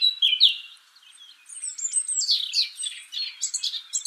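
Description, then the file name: Eurasian blackcap song opening with quick chirps, then a thin sliding whistle before breaking into brisk twittering notes. "Sylvia atricapilla"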